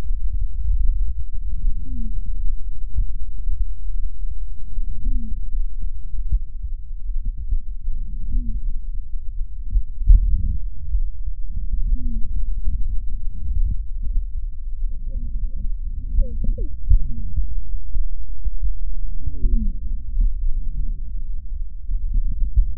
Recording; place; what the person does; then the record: lung sounds by stethoscope; left posterior basal chest; quiet breathing, then deep breathing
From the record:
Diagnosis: asthma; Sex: female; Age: 56 years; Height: 161 cm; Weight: 85 kg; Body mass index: 32.8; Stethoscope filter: bell mode